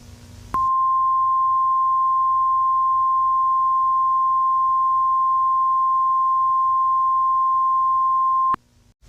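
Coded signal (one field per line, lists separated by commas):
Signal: Emergency Alert System (SAME) tones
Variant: 1050 Hz attention tone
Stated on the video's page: Fictional EAS scenario, not a real alert.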